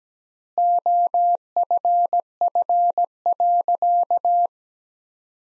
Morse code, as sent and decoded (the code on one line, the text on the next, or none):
--- ..-. ..-. .-.-.-
OFF.